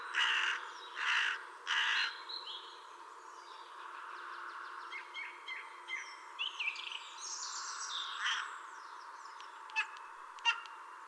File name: Cornacchia Grigia